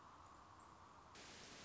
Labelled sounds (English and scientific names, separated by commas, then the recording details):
American Robin (Turdus migratorius)
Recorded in Sonoma County, California